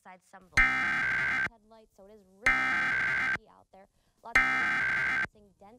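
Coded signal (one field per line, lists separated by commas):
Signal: Emergency Alert System (SAME) tones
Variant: header bursts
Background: speech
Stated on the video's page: Emergency alert tests recorded off air from various broadcast stations, some from long unattended recordings.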